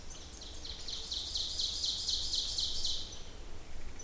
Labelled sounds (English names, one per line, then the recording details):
Ovenbird song
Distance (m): 50 m
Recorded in boreal forest in Alberta, Canada, on 26 May 2016 at 08:06
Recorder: SongMeter 3, array SBT-3-15
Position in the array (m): 40 m, 230 m
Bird 20